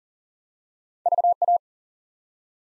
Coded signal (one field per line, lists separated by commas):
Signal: Morse code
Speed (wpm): 40 wpm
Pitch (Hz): 700 Hz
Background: none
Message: VA